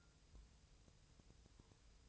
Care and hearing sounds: daily activity, microphone in the room; take from stove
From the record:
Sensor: 2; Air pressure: 999.2 hPa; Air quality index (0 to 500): 196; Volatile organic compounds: 27 ppm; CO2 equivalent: 2895 ppm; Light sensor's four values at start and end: 6/15/6/6 and 6/15/6/6

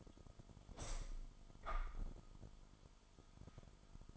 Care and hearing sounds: daily activity, microphone in the room; open window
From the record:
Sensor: 5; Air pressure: 1004.7 hPa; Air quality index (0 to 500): 85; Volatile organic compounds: 2 ppm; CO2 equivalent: 1020 ppm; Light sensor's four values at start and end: 34/80/32/31 and 34/80/32/31

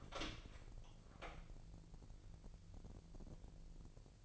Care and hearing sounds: daily activity, microphone in the room; open door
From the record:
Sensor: 5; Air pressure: 1001.3 hPa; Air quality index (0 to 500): 248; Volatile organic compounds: 35 ppm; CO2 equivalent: 3062 ppm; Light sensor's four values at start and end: 37/85/34/33 and 37/85/34/33

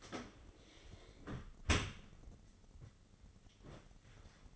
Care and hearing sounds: daily activity, microphone in the room; close dishwasher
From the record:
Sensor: 4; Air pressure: 996.5 hPa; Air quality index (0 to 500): 87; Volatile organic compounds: 4 ppm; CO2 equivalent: 1674 ppm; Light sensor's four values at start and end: 20/54/21/23 and 19/51/20/21

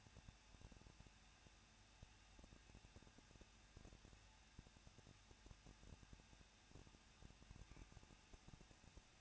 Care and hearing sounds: daily activity, microphone in the room; no activity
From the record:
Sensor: 2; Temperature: 21.0 degrees Celsius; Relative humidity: 37.3%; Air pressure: 1006.2 hPa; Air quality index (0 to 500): 222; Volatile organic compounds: 24 ppm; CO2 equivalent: 2809 ppm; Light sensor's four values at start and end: 2/3/2/2 and 2/3/2/2

